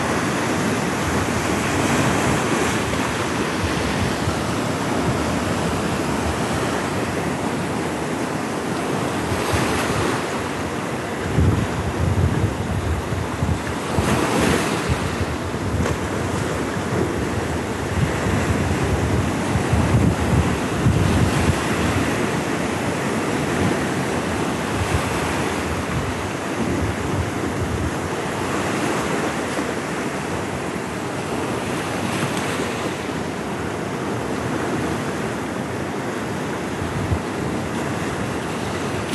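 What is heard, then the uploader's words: Waves roll in steadily on a shingle shore, a dense, constant wash of surf with louder swells breaking roughly every five seconds, notably near 10, 15 and 20 seconds. A low wind rumble buffets the microphone underneath throughout. The rhythms of the sea rising and falling in a remote Welsh cove. This week we're on the Ceredigion coast - a lonely cove of shingle with the Irish sea rolling with a soothing rhythm. No one else is around, no one that is apart from a seal bobbing just offshore.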